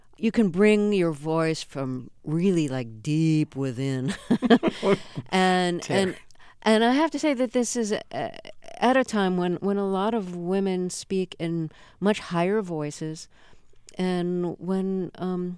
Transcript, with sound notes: You can bring your voice from really, like, deep within.
(SOUNDBITE OF LAUGHTER)
And I have to say that this is at a time when a lot of women speak in much higher voices and when